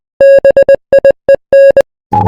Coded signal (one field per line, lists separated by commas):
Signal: Morse code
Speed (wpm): 20 wpm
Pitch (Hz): 2750 Hz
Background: music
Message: BIEN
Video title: Fun 2 rhyme morse code extended (6 parts)